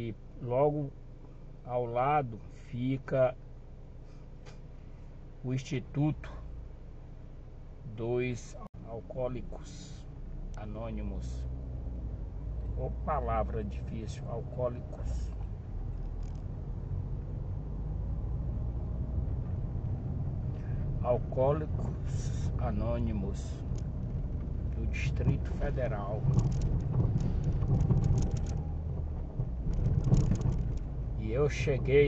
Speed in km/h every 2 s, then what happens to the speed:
0, 0, 0, 0, 0, 5, 4, 7, 15, 14, 19, 25, 26, 25, 24, 27.
0-9 standing. 9-22 pulls away to 25. 22-32 steady at about 25.